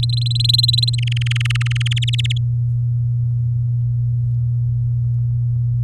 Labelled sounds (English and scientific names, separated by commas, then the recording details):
Domestic Canary (Serinus canaria) song
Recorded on 8 May 2018 at 19:46
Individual llb16